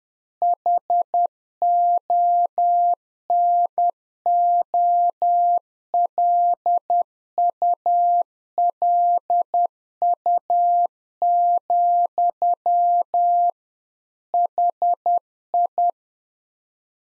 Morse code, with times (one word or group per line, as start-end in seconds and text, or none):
0.4-13.5 HONOLULU,
14.3-15.9 HI